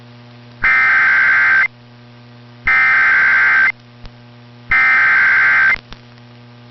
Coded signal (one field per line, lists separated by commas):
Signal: Emergency Alert System (SAME) tones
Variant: header bursts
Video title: BACK IN BUSINESS | EAS Alerts from 8/10/2022 (EAS #1313-1338)